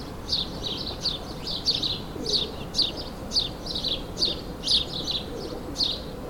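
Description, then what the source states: Sparrows chirping, rhythmic bursts of overlapping sharp chirps, over soft background noise. Suburban ambient, May 2022.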